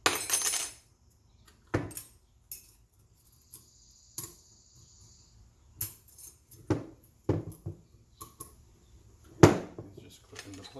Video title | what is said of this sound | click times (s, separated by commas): How to Replace Rear Brake Pads, Rotors, Parking Brake, Caliper 2012 GMC Terrain & Chevrolet Equinox | brake pad slider clips these just click into place | 0.1 s, 2.5 s, 5.8 s, 9.4 s